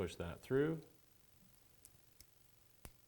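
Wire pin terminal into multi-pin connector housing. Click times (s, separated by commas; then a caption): 2.9 s. Someone talks briefly, then a dark green wire's metal pin terminal is pushed into pin 30 of a 32-pin plastic connector housing during a Polaris Ride Command install on a RZR XP 1000. After a few faint ticks, a sharp snap at 2.9 s marks the terminal locking in, and it is seated.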